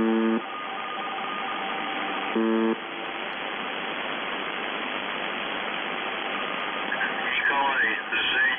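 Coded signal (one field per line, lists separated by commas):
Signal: numbers station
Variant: UVB-76 (The Buzzer)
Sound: two short low buzzes over static, then a brief voice near the end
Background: radio static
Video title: The Buzzer/UVB-76(4625Khz) April 22, 2021 Voice messages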